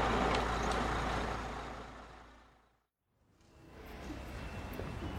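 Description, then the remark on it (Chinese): A furniture store's heavy truck arrives, its deep engine rumble and road noise dying away to a brief silence, then swelling back up again, with a steady low drone throughout. “几分钟之后，家具行的卡车到了。”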